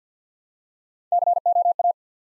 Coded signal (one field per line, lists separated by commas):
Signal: Morse code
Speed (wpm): 48 wpm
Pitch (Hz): 700 Hz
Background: none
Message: COA